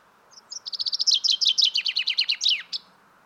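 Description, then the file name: Common chaffinch song, one complete phrase of about two and a half seconds: a few high introductory notes, then a fast descending trill closing with an emphatic flourish. "Fringilla coelebs"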